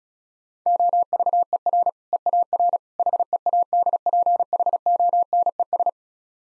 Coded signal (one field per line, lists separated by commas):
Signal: Morse code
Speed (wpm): 34 wpm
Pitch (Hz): 700 Hz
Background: none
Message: OVER EAR HEADPHONES